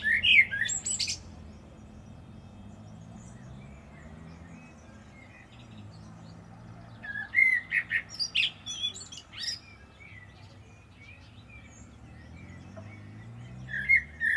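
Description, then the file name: Common blackbird song: a few short phrases of whistles and high twittering, separated by long quiet gaps. "Turdus merula"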